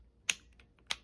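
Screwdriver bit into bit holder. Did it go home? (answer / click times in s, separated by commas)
yes / 0.3 s, 0.9 s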